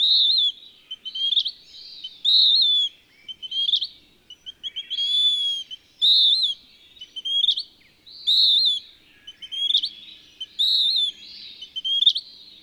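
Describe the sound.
Bird song: high whistled phrases with sharp upswept notes, repeated in a steady series every couple of seconds over near silence.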